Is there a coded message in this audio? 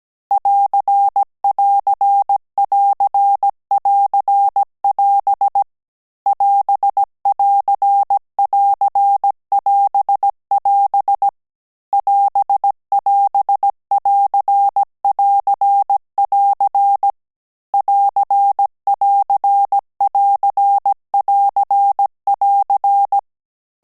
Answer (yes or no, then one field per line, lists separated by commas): yes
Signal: Morse code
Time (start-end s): 0.3-23.2 s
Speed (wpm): 17 wpm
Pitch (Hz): 800 Hz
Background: none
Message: <AR><AR><AR><AR><AS> <AS><AR><AR><AS><AS> <AS><AS><AR><AR><AR> <AR><AR><AR><AR><AR>